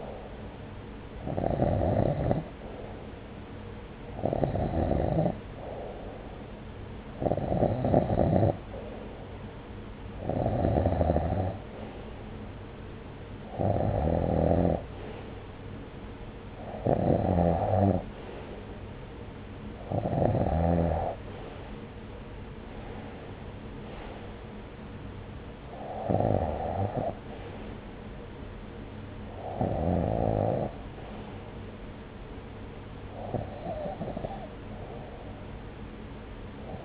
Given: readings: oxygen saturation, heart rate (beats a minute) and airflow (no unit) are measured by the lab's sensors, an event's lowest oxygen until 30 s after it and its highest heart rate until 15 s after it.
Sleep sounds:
breathing in sleep by a voice recorder at the bedside; none
none scored
From the record:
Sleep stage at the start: REM sleep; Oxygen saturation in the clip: 90 to 92%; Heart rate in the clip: 66 to 76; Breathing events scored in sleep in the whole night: 303 in 8.1 hours asleep

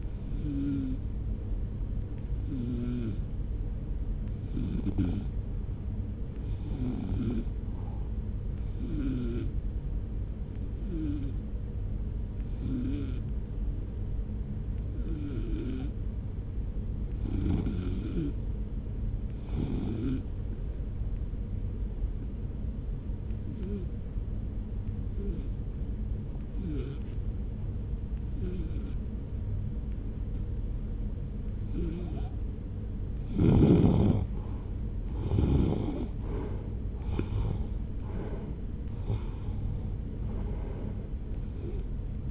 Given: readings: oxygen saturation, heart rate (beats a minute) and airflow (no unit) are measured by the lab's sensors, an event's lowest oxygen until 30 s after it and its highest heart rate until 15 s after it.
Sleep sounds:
breathing in sleep by a smartphone at the bedside; 1
12.00-35.80 s: hypopnea (REM, oxygen 92% highest, then 76% lowest)
From the record:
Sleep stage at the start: REM sleep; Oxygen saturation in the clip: 79 to 92%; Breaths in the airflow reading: 15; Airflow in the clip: -1.0 to 1.6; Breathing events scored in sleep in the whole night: 335 in 6.7 hours asleep

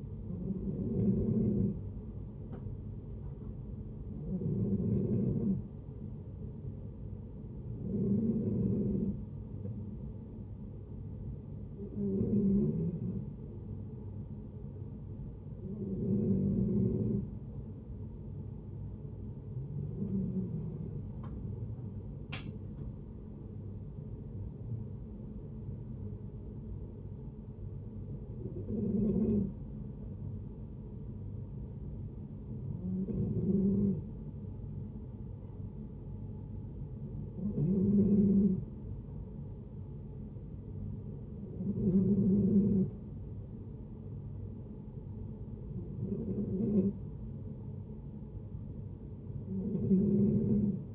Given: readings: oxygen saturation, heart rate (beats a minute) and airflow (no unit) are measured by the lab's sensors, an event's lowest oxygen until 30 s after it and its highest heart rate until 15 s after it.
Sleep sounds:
breathing in sleep by a smartphone at the bedside; 1
32.00-45.40 s: hypopnea (N2, oxygen 93% highest, then 90% lowest, heart rate 66 at the start, 71 highest)
From the record:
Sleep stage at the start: N2 (light sleep); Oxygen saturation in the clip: 90 to 93%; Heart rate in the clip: 63 to 71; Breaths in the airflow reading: 12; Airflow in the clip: -7.8 to 6.5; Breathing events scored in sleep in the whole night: 496 in 5.4 hours asleep

